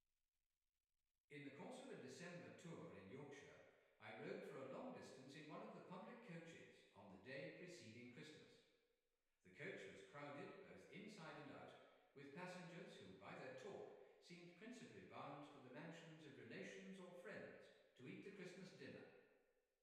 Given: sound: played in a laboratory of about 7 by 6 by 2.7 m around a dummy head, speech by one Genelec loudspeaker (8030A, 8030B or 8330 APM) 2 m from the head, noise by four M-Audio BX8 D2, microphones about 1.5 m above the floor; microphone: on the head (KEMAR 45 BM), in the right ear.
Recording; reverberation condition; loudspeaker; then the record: male speech in English; high; 150 degrees to the left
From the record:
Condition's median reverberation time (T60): about 1300 ms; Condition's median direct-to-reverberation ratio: about -4.0 dB